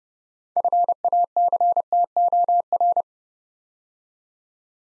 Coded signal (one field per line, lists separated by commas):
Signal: Morse code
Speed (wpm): 30 wpm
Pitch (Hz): 700 Hz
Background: none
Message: FACTOR